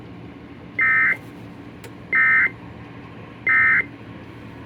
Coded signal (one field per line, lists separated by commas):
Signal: Emergency Alert System (SAME) tones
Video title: 2 Special Marine Warnings || 9-7-24 (EAS #3,065-3,070)